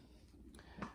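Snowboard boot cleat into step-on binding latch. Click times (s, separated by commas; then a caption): 0.5 s, 0.6 s, 0.8 s. A snowboard boot's cleat is pushed down into a Burton Step On binding latch, moving it from the one-click position into the normal two-click position. Soft sharp clicks land at about 0.6 s, with a louder click at 0.8 s. The boot ends up seated in the second click with no gap at the heel.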